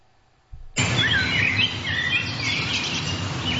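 Birds sing in a steady chorus of bright, overlapping chirps and warbling trills, starting abruptly after a brief quiet moment and continuing at a fairly loud, even level over a low background hum.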